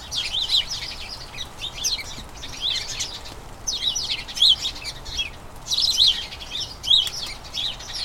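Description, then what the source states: House sparrows chirping: a flock's dense high chatter, some sharp up-and-down notes standing out, coming in waves every second or two. Colony of about a dozen house sparrows chattering incessantly in a small front garden as crocuses bloom; excited chatter before the breeding season.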